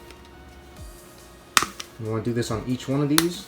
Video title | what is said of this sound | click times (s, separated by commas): Samsung Galaxy S8/S8 Plus OtterBox Defender Series Aqua Mint Way Case Review | push down on each arrow so you hear it click. | 1.6 s